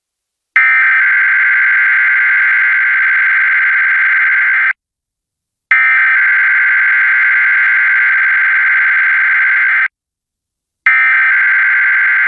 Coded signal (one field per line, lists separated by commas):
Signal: Emergency Alert System (SAME) tones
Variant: header bursts